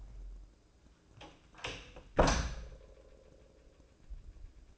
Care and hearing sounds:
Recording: daily activity, microphone in the room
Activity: close door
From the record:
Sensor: 2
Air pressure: 1012.2 hPa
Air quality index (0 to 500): 162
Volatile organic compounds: 2 ppm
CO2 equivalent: 1180 ppm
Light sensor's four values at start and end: 442/1104/450/475 and 442/1105/450/475

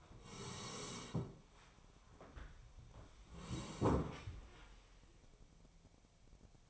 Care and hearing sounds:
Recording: daily activity, microphone in the room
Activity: sit down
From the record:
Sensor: 1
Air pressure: 1015.2 hPa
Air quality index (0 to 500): 197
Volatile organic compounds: 22 ppm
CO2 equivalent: 2766 ppm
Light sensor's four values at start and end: 13/30/12/14 and 13/30/12/14

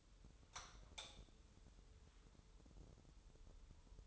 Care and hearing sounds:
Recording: daily activity, microphone in the room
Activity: light on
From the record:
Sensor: 3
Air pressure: 988.4 hPa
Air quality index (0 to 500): 191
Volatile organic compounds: 267 ppm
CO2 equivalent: 4404 ppm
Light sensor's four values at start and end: 8/19/8/8 and 11/28/11/11

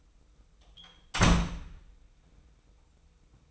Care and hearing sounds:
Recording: daily activity, microphone in the room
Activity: close door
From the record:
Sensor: 1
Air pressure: 990.4 hPa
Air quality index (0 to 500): 155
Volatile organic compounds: 1000 ppm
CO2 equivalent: 5631 ppm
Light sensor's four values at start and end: 33/75/32/35 and 33/75/33/35

